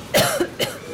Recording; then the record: coughing mixed with background sound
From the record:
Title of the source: Coughing Woman Sound - Woman Cough Sound Effect